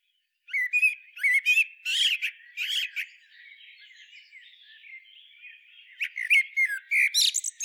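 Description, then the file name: Common blackbird calls: abrupt squawks and rasping chirps for a few seconds, a soft lull, then a fresh flurry of sharp notes. "Turdus merula"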